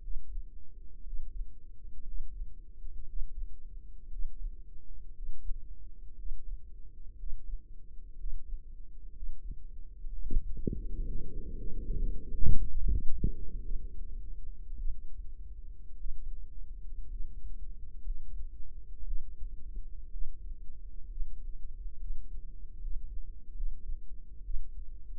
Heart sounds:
heart sounds by microphone in the right ear; 62 bpm
1.03 s: heartbeat
2.03 s: heartbeat
3.05 s: heartbeat
4.08 s: heartbeat
5.12 s: heartbeat
6.14 s: heartbeat
7.15 s: heartbeat
8.15 s: heartbeat
9.12 s: heartbeat
10.08 s: heartbeat
11.02 s: heartbeat
11.92 s: heartbeat
12.77 s: heartbeat
13.61 s: heartbeat
14.76 s: heartbeat
15.97 s: heartbeat
17.09 s: heartbeat
18.03 s: heartbeat
19.05 s: heartbeat
20.11 s: heartbeat
21.09 s: heartbeat
21.99 s: heartbeat
22.79 s: heartbeat
23.55 s: heartbeat
24.43 s: heartbeat
From the record:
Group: healthy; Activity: breath hold 0-10 s, rest 10-25 s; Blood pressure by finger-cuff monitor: 97/60 mmHg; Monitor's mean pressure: 70 mmHg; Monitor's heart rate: 59 bpm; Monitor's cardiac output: 5.1 L/min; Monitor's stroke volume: 78 mL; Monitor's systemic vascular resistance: 1050 dyn s/cm5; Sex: female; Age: 28 years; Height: 170 cm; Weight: 77 kg

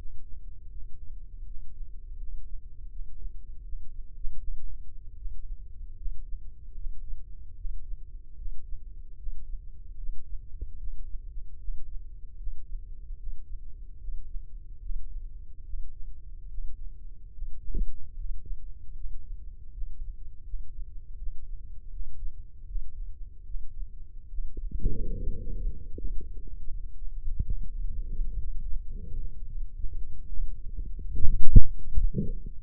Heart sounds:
heart sounds by microphone in the left ear; 77 bpm
0.69 s: heartbeat
1.44 s: heartbeat
2.16 s: heartbeat
2.88 s: heartbeat
3.62 s: heartbeat
4.37 s: heartbeat
5.15 s: heartbeat
5.95 s: heartbeat
6.74 s: heartbeat
7.54 s: heartbeat
8.35 s: heartbeat
9.16 s: heartbeat
9.96 s: heartbeat
10.77 s: heartbeat
11.58 s: heartbeat
12.36 s: heartbeat
13.16 s: heartbeat
13.97 s: heartbeat
14.79 s: heartbeat
15.63 s: heartbeat
16.47 s: heartbeat
17.31 s: heartbeat
18.14 s: heartbeat
18.93 s: heartbeat
19.71 s: heartbeat
20.43 s: heartbeat
21.16 s: heartbeat
21.89 s: heartbeat
22.65 s: heartbeat
23.44 s: heartbeat
24.28 s: heartbeat
25.13 s: heartbeat
25.92 s: heartbeat
26.67 s: heartbeat
27.41 s: heartbeat
28.12 s: heartbeat
28.80 s: heartbeat
29.49 s: heartbeat
30.28 s: heartbeat
31.12 s: heartbeat
31.94 s: heartbeat
From the record:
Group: healthy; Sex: male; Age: 35 years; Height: 178 cm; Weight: 64 kg

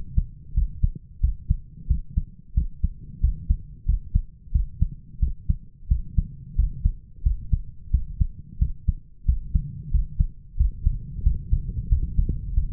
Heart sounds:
heart sounds by stethoscope; 90 bpm
0.56 s: heartbeat
1.23 s: heartbeat
1.89 s: heartbeat
2.56 s: heartbeat
3.23 s: heartbeat
3.88 s: heartbeat
4.54 s: heartbeat
5.22 s: heartbeat
5.90 s: heartbeat
6.58 s: heartbeat
7.25 s: heartbeat
7.93 s: heartbeat
8.61 s: heartbeat
9.28 s: heartbeat
9.93 s: heartbeat
10.59 s: heartbeat
11.25 s: heartbeat
11.91 s: heartbeat
12.56 s: heartbeat
From the record:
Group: healthy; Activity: rest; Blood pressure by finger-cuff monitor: 138/85 mmHg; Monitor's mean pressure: 102 mmHg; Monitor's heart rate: 90 bpm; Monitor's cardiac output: 7.3 L/min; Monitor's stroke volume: 82 mL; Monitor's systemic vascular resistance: 1050 dyn s/cm5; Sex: male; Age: 21 years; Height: 175 cm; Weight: 72.6 kg

